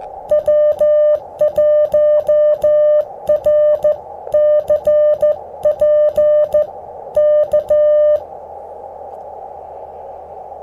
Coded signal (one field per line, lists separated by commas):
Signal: Morse code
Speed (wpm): 13 wpm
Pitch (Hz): 600 Hz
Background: music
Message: W1RCP K